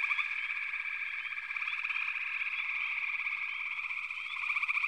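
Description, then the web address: Frogs calling together in a continuous buzzing, pulsing chorus, with brief upward chirps repeated again and again above the drone. "The Natural Sounds of the Wilderness 10 CDs collection Echoes of Nature - Sampler 08 Frog Chorus"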